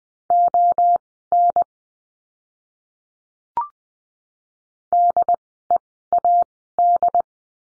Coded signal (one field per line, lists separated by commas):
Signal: Morse code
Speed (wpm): 20 wpm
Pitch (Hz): 700 Hz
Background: none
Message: ON DEAD